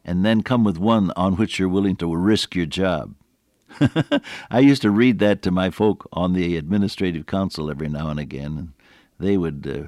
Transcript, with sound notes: and then come with one on which you’re willing to risk your job.” [chuckle] I used to read that to my folk on the administrative council every now and again, and they would